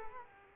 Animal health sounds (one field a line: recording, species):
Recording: mosquito wingbeat signal from an infrared sensor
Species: Culex pipiens